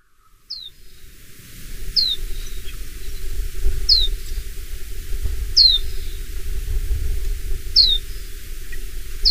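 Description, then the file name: Chestnut-flanked white-eye giving thin, high, downslurred call notes repeated roughly every two seconds over a steady low rumble. Recorded 4 February 2024. "chousenmejiro 20240204"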